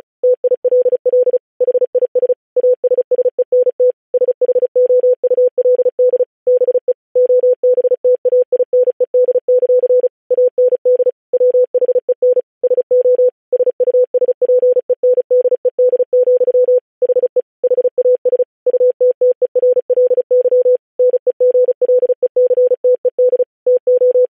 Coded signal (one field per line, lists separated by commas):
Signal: Morse code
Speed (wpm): 36 wpm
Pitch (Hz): 500 Hz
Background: none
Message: TILL HIS ASSENT SHOULD BE OBTAINED; AND WHEN SO SUSPENDED, HE HAS UTTERLY NEGLECTED TO